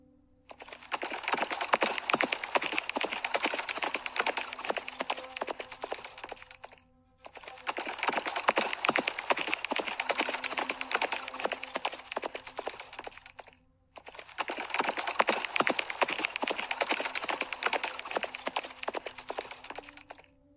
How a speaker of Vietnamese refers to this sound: Tiếp theo hơn 1.000 thất chiến mã kia sau mông đít đồng thời bốc lên trận trận khói nhẹ. Bầy ngựa nhất thời điên cuồng hí vang, bốn vó tung ra, chạy trối chết về phía trước.